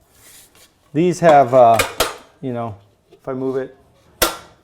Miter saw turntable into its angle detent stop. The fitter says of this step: just locks into place. It makes it really easy.